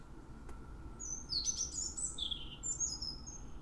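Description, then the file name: European robin giving thin, high, twittering phrases with quick falling and rising sweeps after a quiet start, over a steady low rumble. "Erithacus rubecula"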